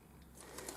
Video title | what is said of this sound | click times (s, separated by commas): LEGO 6765 Gold City Junction from 1996!!! | um it's a little bit tired it doesn't click sharp anymore but | 0.7 s